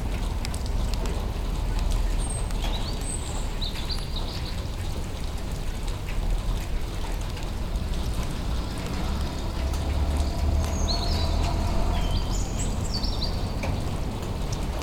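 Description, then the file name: Bird delivering brief high whistled notes and stepped warbling phrases, scattered early and again later, against a heavy low rumble. Bird at night in Sergiyev Posad, Russia, on 21 April 2012. "nightbird-sergiyevposad-210412"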